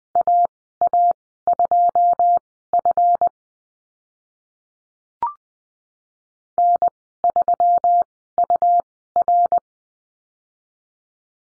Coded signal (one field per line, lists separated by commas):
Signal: Morse code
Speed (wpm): 20 wpm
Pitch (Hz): 700 Hz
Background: none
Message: AA2F N3UR